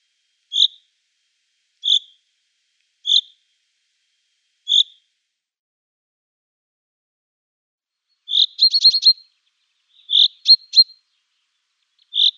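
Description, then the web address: Common chaffinch giving short, sharp metallic call notes, four spaced just over a second apart, then bursts of quicker clipped notes in rapid succession. "Schulze Peter Chaffinch calls"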